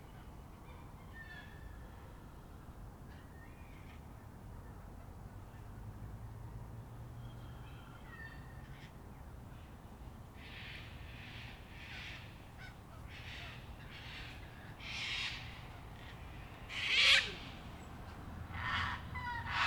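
Evening in Canberra with cockatoos and other birds. A steady low rumble runs throughout, with faint chirps early on; after ten seconds, harsh squawks come in repeated bursts, the loudest one near seventeen seconds, with more calls closing the clip.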